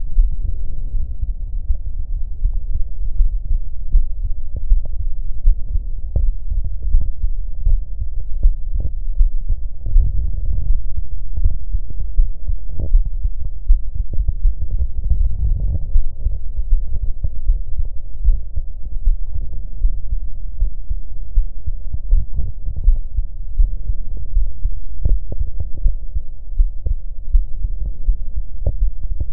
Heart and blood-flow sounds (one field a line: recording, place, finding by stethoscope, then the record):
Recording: heart sounds by stethoscope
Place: pulmonary valve (PV)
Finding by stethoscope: normal heart sounds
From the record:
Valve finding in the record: normal valve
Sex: male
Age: 53 years